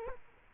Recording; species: mosquito wingbeat signal from an infrared sensor; Culex quinquefasciatus